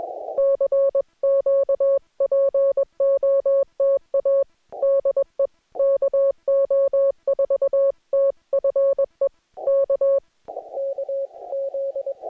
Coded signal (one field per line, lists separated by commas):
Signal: Morse code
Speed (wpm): 21 wpm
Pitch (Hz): 550 Hz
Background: music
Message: CQ POTA DE KO4TFE K K Z